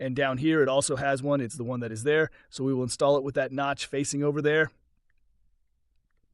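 A replacement ignition component is lined up by its notch and positioned for fitting into the distributor/ignition housing of a 1993 Toyota Land Cruiser that doesn't start. Someone talks for about the first 4.7 seconds, then there is near silence. The part has not clicked into place yet.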